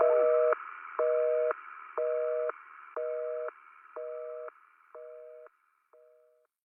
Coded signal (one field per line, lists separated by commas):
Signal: telephone call progress tone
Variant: North America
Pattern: busy tone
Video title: Jujutsu Kaisen T2 ~AMV~ Dial tone